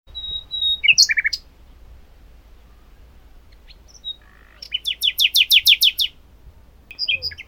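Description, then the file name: Common nightingale song: a pure whistled note, then rapid chattering phrases and a fast run of repeated loud notes, separated by pauses; low rumble underneath. "Luscinia megarhynchos"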